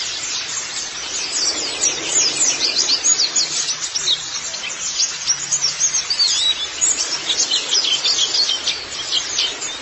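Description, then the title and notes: White-eye song, thin, high twittering notes tumbling quickly in irregular clusters over a soft background hiss. "Kicauan Burung Pleci Durasi Panjang. Suara kicauan burung pleci"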